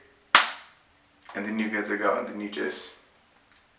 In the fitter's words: refill you pop it in you hear the click